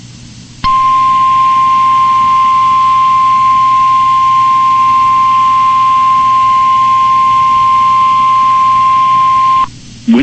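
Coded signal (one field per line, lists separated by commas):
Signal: Emergency Alert System (SAME) tones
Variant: 1050 Hz attention tone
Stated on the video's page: Real wind chill warning on NOAA Weather Radio from NWS Pittsburgh, toned with the Winter Storm Warning SAME code.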